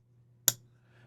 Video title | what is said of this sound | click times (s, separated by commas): Review/impression of the Herman Mantis knife… this is the Herman knife I had hoped for! 🤩 | no pivot uh no pivot lash let's listen to the d10 as it closes nice Clickety one more time | 0.5 s